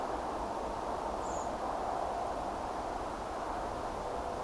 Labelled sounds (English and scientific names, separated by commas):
Common Blackbird (Turdus merula)